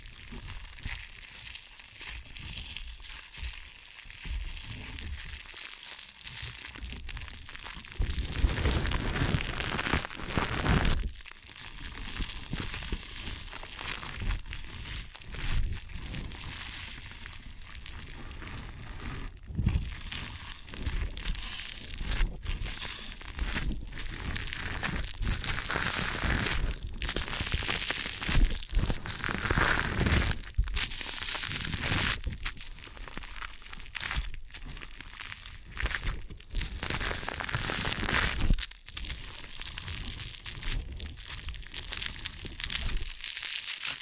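Ear and scalp massage and cleaning, heard as continuous crinkling, rubbing and scratching that rises and falls in dense, irregular strokes. Louder, brighter bursts of crackly rustling come around 8–11 seconds and again near 26, 30 and 37 seconds, with brief quieter pauses between.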